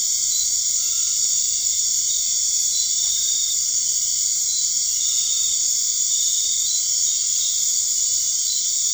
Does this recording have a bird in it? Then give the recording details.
no. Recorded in dense forest near Puerto Asís, Putumayo, Colombia, on 12 March 2025 at 21:30. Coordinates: 0.485, -76.318. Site G056